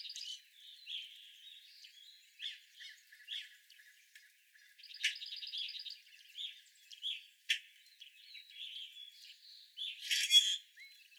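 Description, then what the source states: Evening grosbeak calls, scattered chirps among buzzy notes, a short rattle and a sharp burst near the end. Several evening grosbeaks recorded on 25 April 2021.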